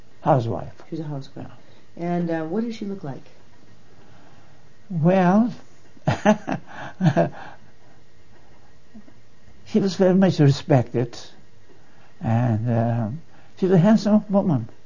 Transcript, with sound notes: Housewife.
She's a housewife. And what does she look like?
Well (laughs) she was very much respected. And she's a handsome woman.